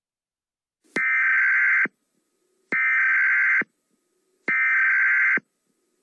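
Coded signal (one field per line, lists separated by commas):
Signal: Emergency Alert System (SAME) tones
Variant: header bursts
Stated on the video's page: Recreation of a Chicago Required Monthly Test; not a live broadcast.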